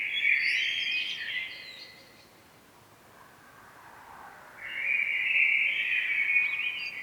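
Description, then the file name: Common blackbird singing a warbled phrase, a quieter pause of a couple of seconds, then a second sustained phrase. "Turdus merula"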